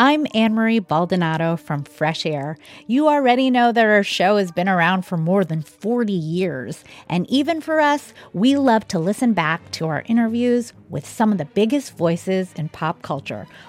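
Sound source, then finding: Adult woman speaking. Typical speech.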